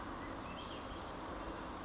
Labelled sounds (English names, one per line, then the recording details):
Western Flycatcher
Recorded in Sonoma County, California